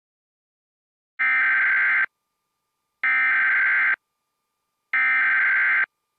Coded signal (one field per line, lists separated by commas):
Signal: Emergency Alert System (SAME) tones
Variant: header bursts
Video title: My [VERY FIRST] EAS Administrative Message On WJON 9/20/20 12:14 PM (12:14)